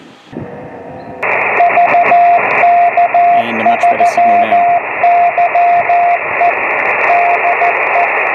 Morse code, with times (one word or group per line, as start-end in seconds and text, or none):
1.6-6.5 VK3YE
7.1-8.0 DE